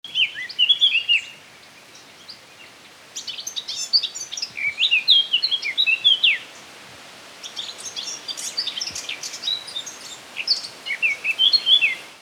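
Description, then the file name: Eurasian blackcap song, bursts of quick, high warbled notes with sweeping whistles, three outbursts separated by short pauses, over faint steady background hiss. "Sylvia atricapilla"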